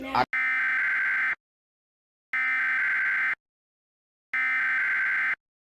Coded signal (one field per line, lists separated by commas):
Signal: Emergency Alert System (SAME) tones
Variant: header bursts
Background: speech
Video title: Normal Required Weekly Test EAS...